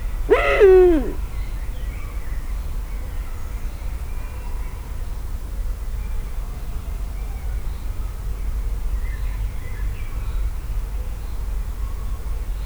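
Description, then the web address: Eurasian eagle-owl uttering one coarse, descending call in the opening second, then a long stretch of low rumbling background with faint scattered chirps. Captive bird recorded at a zoo in Szeged in 2011. "szegedizoo 2011 standardt uhu"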